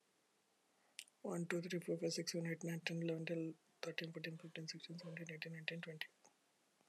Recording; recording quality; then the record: counting at a fast pace; excellent, no background noise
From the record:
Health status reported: healthy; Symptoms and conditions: diabetes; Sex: male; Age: 42 years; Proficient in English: yes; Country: India